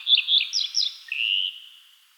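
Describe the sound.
Redstart song fragment, several quick high chirps followed by a drawn-out, level note fading away.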